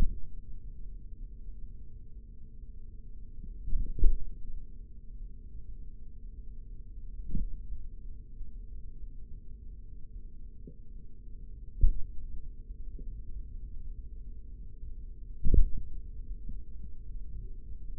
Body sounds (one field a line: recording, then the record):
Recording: forearm muscle sounds (acoustic myography)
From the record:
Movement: tripod grip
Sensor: system 3, bracelet of six PUI Audio POM-2738L microphones around the upper forearm, with dedicated amplification and filtering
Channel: 3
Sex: male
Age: 56 years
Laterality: right